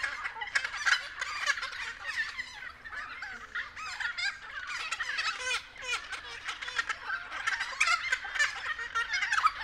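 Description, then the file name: Friarbirds in a dense morning chorus of grating, cackling calls, steady and overlapping, with louder bursts scattered through. Several friarbirds recorded at 6:30 AM. "BIRD-FRIARBIRDS-N-301111-6 30 AM"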